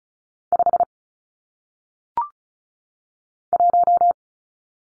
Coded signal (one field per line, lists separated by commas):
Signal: Morse code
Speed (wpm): 34 wpm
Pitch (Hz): 700 Hz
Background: none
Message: 5 1